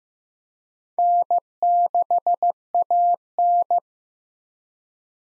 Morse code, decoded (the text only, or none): N6AN